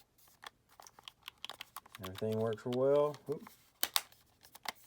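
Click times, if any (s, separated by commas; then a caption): 3.8 s, 4.0 s. Someone talks as the plastic housing of a PS5 controller, opened to clean out analog stick drift and sticking, is pressed back together by hand. After a few light ticks, two sharp snaps at 3.8 s and 4.0 s mark the housing popping back into place, fully seated.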